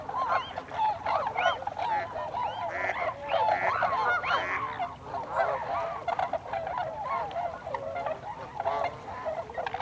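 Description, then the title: Tundra swan flock, overlapping whooping and bugling calls with curved, rising notes, dense at first and thinning slightly toward the end. Recorded 26 December 2020; several tundra swans. "2020-12-26-Tundra-Swans"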